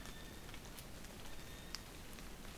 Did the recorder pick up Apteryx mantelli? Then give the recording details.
yes. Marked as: faintness 3/5. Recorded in New Zealand on 20 November 2013. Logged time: 22:29. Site CH69